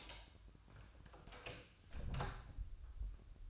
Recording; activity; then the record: daily activity, microphone in the room; close door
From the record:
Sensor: 2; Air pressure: 1004.8 hPa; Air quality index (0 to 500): 73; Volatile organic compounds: 1 ppm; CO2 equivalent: 868 ppm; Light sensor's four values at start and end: 7/16/6/7 and 7/16/6/6